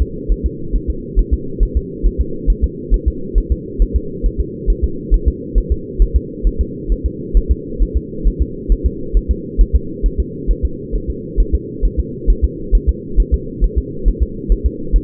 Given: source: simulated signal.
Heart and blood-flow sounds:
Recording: fetal heart sounds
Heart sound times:
0.02 s: S2
0.32 s: S1
0.46 s: S2
0.76 s: S1
0.90 s: S2
1.19 s: S1
1.33 s: S2
1.63 s: S1
1.77 s: S2
2.06 s: S1
2.21 s: S2
2.50 s: S1
2.64 s: S2
2.94 s: S1
3.08 s: S2
3.38 s: S1
3.52 s: S2
3.82 s: S1
3.96 s: S2
4.26 s: S1
4.40 s: S2
4.70 s: S1
4.84 s: S2
5.14 s: S1
5.28 s: S2
5.58 s: S1
5.72 s: S2
6.02 s: S1
6.16 s: S2
6.47 s: S1
6.61 s: S2
6.92 s: S1
7.06 s: S2
7.37 s: S1
7.51 s: S2
7.82 s: S1
7.97 s: S2
8.27 s: S1
8.42 s: S2
8.72 s: S1
8.86 s: S2
9.17 s: S1
9.31 s: S2
9.61 s: S1
9.75 s: S2
10.06 s: S1
10.20 s: S2
10.51 s: S1
10.65 s: S2
10.95 s: S1
11.10 s: S2
11.40 s: S1
11.55 s: S2
11.85 s: S1
11.99 s: S2
12.30 s: S1
12.44 s: S2
12.75 s: S1
12.89 s: S2
13.20 s: S1
13.34 s: S2
13.64 s: S1
13.78 s: S2
14.08 s: S1
14.22 s: S2
14.52 s: S1
14.66 s: S2
14.96 s: S1
From the record:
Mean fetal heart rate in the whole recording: 135 bpm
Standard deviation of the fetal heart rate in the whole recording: 3 bpm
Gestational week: 36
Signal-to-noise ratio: -4.3 dB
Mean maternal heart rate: 72 bpm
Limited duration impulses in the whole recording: absent

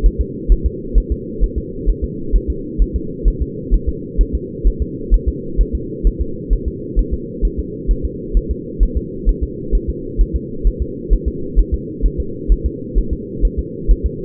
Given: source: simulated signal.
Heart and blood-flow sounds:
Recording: fetal heart sounds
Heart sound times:
0.06 s: S1
0.21 s: S2
0.52 s: S1
0.66 s: S2
0.98 s: S1
1.12 s: S2
1.44 s: S1
1.58 s: S2
1.90 s: S1
2.04 s: S2
2.36 s: S1
2.50 s: S2
2.82 s: S1
2.96 s: S2
3.28 s: S1
3.42 s: S2
3.74 s: S1
3.89 s: S2
4.21 s: S1
4.35 s: S2
4.67 s: S1
4.82 s: S2
5.14 s: S1
5.29 s: S2
5.61 s: S1
5.75 s: S2
6.07 s: S1
6.22 s: S2
6.53 s: S1
6.68 s: S2
6.99 s: S1
7.14 s: S2
7.45 s: S1
7.59 s: S2
7.91 s: S1
8.05 s: S2
8.37 s: S1
8.51 s: S2
8.83 s: S1
8.97 s: S2
9.29 s: S1
9.43 s: S2
9.75 s: S1
9.90 s: S2
10.21 s: S1
10.36 s: S2
10.67 s: S1
10.82 s: S2
11.13 s: S1
11.28 s: S2
11.59 s: S1
11.74 s: S2
12.06 s: S1
12.20 s: S2
12.52 s: S1
12.66 s: S2
12.98 s: S1
13.13 s: S2
13.45 s: S1
13.59 s: S2
13.91 s: S1
14.06 s: S2
From the record:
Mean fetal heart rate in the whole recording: 130 bpm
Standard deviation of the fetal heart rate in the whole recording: 2 bpm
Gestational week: 36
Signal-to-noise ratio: -4.3 dB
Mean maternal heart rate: 72 bpm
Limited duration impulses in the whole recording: absent

